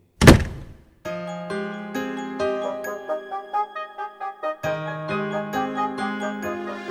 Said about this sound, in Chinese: 我望住佢开门出去闩门